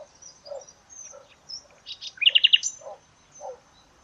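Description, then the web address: Bird song, fairly soft, with scattered chirps and one quick burst of five rapid, evenly spaced notes in the middle, plus low soft notes. "Deverinetal 2025. Bird Only"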